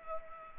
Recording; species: mosquito wingbeat signal from an infrared sensor; Culex pipiens